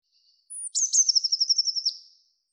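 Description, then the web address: Eurasian blue tit: a thin, very high drawn-out note, then a quick, bright trill of many evenly repeated notes that fades away. "cianscape birddata Deverinetal 2025 File cleaned normalized Bird Cy Ca"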